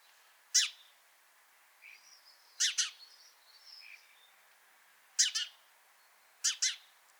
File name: Passer domesticus